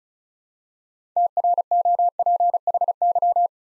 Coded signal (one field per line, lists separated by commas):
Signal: Morse code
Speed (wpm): 36 wpm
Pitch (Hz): 700 Hz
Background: none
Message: TROPHY